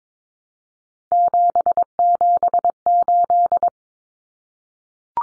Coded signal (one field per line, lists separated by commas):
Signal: Morse code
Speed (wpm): 22 wpm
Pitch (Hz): 700 Hz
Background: none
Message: 778